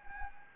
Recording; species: mosquito wingbeat signal from an infrared sensor; Anopheles gambiae